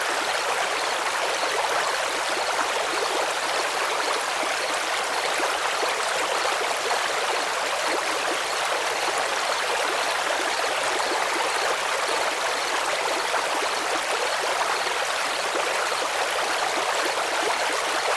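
Running water rushes steadily through a creek, a dense, unbroken hiss and splash that holds the same level for the whole stretch. The sound sits mostly in the middle and upper range, with little low rumble.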